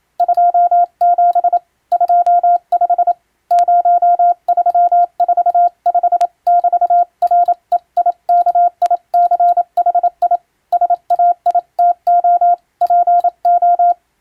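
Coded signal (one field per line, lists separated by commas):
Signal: Morse code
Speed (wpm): 27 wpm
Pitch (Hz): 700 Hz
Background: radio noise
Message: 27 25 0345<BT>REIKICHI SAITO PO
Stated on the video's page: Japanese-language European-text radiotelegrams sent as ship radio operator exam practice, in the style of ship-to-coast-station telegram traffic, for amateur radio receiving training.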